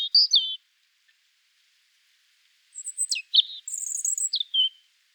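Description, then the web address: European Robin song: a brief slurred whistle, then after a pause a phrase of high, thin notes, sweeping descents and a fast twittering trill. "erithacus rubecula call"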